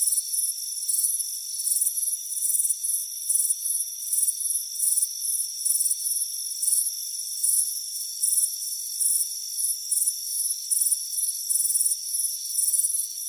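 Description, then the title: Cricket chirps, high and pulsed, repeating quickly and steadily with a continuous thin hum beneath. Crickets chirping on a front porch on a warm afternoon. "Soothing Crickets Chirping Sound"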